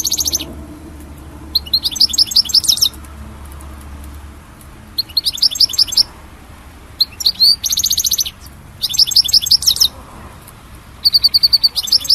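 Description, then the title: European goldfinch song in short bursts of bright twittering and buzzy notes, separated by pauses. "Chant Chardonneret"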